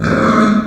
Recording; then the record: squeal of a Yucatan mini pig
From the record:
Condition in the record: after surgery on the right vocal fold (resection and tissue-engineered implant); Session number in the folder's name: 7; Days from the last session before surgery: 47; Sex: female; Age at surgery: 19 weeks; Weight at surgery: 25 kg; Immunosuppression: prednisolone